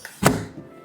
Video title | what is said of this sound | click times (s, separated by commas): 1 Year of Inspections 🎉 And This Townhouse Had the Worst Windows Yet?!🤔 | Locks into place. | 0.3 s